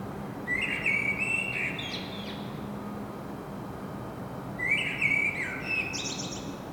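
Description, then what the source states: Common blackbird giving two rich whistled warbles, each trailing into squeaky high notes, separated by a short pause with quiet hum. Singing, recorded in Saint-Gilles, Belgium, with a Sony PCM-M10 internal microphone.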